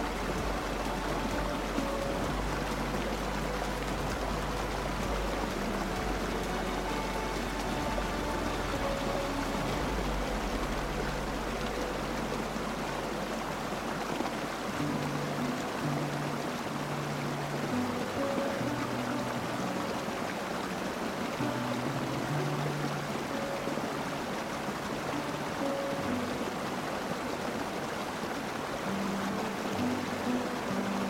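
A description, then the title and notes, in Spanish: A waterfall rushes steadily throughout, a dense, even wash of falling water. Soft music sits beneath it, slow sustained low notes changing every second or two, with a deep hum under the first half that fades out around fifteen seconds. Sumérgete en los sonidos pacíficos de una cascada, acompañados de una música suave para dormir diseñada para favorecer un sueño reparador.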